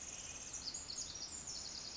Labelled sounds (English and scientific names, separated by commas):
Pacific Wren (Troglodytes pacificus)